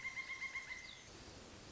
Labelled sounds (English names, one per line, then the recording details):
Pileated Woodpecker
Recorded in Sonoma County, California